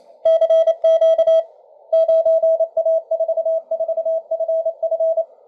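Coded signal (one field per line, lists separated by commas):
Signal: Morse code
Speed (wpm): 29 wpm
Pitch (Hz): 660 Hz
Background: none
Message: CQ 9A44FF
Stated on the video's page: Received on a Malahit DSP2 and Tecsun S2200-x with an end-fed antenna and internal loop.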